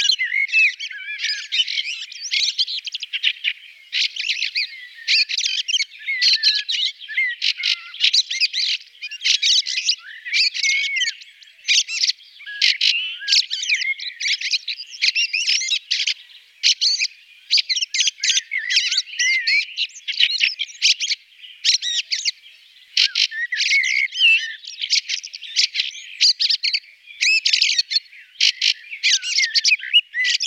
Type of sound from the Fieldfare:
song